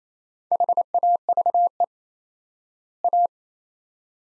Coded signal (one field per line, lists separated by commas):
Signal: Morse code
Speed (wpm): 27 wpm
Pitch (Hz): 700 Hz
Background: none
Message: HAVE A